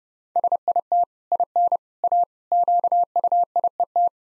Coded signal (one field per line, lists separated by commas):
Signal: Morse code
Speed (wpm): 30 wpm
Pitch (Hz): 700 Hz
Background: none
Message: SIT IN A QUIET